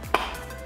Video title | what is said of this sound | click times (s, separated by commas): FIRST TIME PARENTS BUYS THE MOST EXPENSIVE SMART STROLLER- BUNDLE GIVEAWAY!!! | and it locks in place so it's very sturdy | 0.1 s